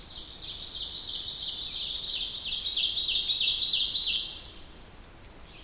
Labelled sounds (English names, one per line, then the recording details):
Ovenbird song
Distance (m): 25 m
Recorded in boreal forest in Alberta, Canada, on 2 June 2016 at 08:49
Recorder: SongMeter 3, array SBT-3-7
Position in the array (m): 53 m, 84 m
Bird 5